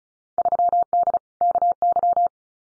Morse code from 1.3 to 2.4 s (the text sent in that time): KY